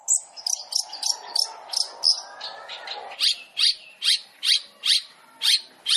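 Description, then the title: Long-tailed shrike calls: high thin chirps, then a regular run of harsh, descending rasping notes. Long-tailed shrike song used as masteran, training material for other shrikes; described as full tembakan, rapid burst-style song. "MASTERAN CENDET FULL TEMBAKAN"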